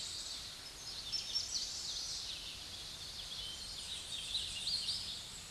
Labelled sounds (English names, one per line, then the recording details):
Hooded Warbler song
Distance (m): 120 m
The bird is about 20 m above the microphone
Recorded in a Pennsylvania forest on 16 May 2024 at 06:56
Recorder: AudioMoth, point MSD-0661
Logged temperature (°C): 15.8 °C
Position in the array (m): -44 m, 175 m